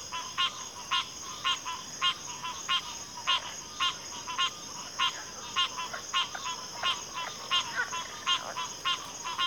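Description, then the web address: Cricket trill, unbroken and high, beneath a regular train of crisp pulsed calls coming nearly twice per second. Chorus of crickets in a backwater. "WLL Grade 1-12 Pre-Uni Library Enter Natures Songs Sleep Sounds of Nature CRICKETS Backwater Chorus"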